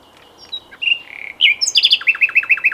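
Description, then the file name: Common nightingale song phrase: soft whistles leading into a rapid series of loud, descending slurred notes. "Luscinia megarhynchos"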